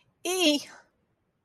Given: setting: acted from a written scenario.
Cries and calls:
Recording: vocal sound without words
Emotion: pain

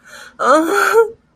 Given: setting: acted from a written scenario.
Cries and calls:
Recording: vocal sound without words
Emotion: guilt

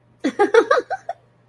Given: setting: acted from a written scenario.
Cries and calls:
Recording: vocal sound without words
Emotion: amusement

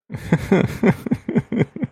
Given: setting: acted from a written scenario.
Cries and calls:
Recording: vocal sound without words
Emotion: sadness

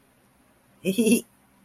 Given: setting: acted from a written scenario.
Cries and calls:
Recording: vocal sound without words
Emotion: embarrassment

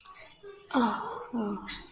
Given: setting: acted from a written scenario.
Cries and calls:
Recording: vocal sound without words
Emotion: contentment

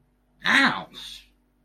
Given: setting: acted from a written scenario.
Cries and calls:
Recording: vocal sound without words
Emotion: pain

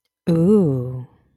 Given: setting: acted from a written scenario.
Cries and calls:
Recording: vocal sound without words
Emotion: desire

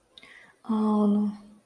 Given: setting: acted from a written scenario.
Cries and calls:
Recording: vocal sound without words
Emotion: guilt

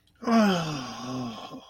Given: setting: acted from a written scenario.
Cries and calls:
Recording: vocal sound without words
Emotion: ecstasy

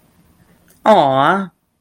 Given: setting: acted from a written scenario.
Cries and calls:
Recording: vocal sound without words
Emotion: adoration

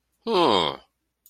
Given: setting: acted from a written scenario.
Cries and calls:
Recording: vocal sound without words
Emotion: disappointment

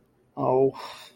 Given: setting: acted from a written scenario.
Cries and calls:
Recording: vocal sound without words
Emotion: disappointment

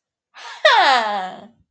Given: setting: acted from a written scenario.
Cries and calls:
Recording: vocal sound without words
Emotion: triumph

